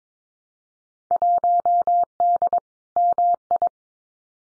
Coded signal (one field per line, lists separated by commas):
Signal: Morse code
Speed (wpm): 22 wpm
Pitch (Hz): 700 Hz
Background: none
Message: 1D MI